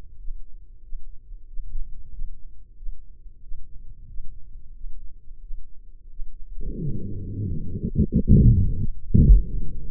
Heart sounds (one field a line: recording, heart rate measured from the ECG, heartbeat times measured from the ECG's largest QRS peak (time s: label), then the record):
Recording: heart sounds by microphone in the left ear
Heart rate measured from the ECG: 91 bpm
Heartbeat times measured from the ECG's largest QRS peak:
0.17 s: heartbeat
0.81 s: heartbeat
1.46 s: heartbeat
2.11 s: heartbeat
2.75 s: heartbeat
3.41 s: heartbeat
4.06 s: heartbeat
4.72 s: heartbeat
5.40 s: heartbeat
6.08 s: heartbeat
6.77 s: heartbeat
7.45 s: heartbeat
8.12 s: heartbeat
8.77 s: heartbeat
9.43 s: heartbeat
From the record:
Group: healthy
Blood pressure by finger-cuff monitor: 121/71 mmHg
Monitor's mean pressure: 84 mmHg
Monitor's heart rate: 91 bpm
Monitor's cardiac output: 7.8 L/min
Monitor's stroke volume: 85 mL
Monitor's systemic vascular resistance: 790 dyn s/cm5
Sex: male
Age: 33 years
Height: 179 cm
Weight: 80.4 kg